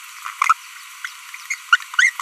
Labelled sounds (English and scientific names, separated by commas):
Green-rumped Parrotlet (Forpus passerinus) babbling